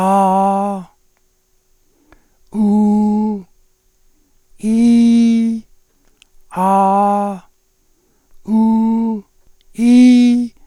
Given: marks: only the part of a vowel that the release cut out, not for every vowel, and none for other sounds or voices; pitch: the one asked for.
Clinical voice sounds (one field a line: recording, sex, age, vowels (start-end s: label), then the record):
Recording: sustained vowels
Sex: male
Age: 70 to 79 years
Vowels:
0.00-0.63 s: vowel /a/, low pitch
2.62-3.24 s: vowel /u/, low pitch
4.86-5.41 s: vowel /i/, low pitch
6.60-7.25 s: vowel /a/, normal pitch
8.55-9.09 s: vowel /u/, normal pitch
9.85-10.37 s: vowel /i/, high pitch
From the record:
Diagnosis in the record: cordectomy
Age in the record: 70 years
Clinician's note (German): Zustand danach mit praktisch kompletter Kompensation